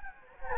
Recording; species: mosquito wingbeat signal from an infrared sensor; Anopheles gambiae